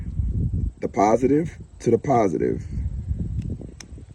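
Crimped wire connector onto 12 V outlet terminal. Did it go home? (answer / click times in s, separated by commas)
yes / 3.8 s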